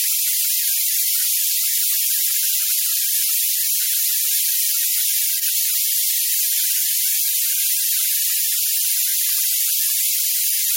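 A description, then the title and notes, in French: Violet noise: a steady, dense, hissing sound weighted toward the very top of the range, with nothing in the low or middle registers. It stays constant in level throughout, like a fine spray, with a faint thin whistle held high above. Bruit violet.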